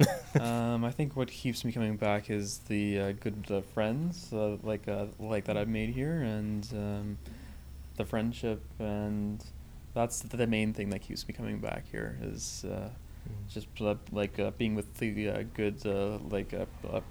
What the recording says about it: I'm a member of the Ottawa Association of People Who Stutter. We meet twice a month to practice our skills and to talk about our experiences as people who stutter.